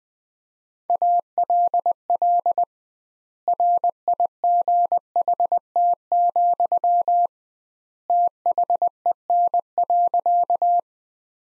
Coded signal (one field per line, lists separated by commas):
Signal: Morse code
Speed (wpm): 20 wpm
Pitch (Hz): 700 Hz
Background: none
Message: ALL RIGHT, THEN.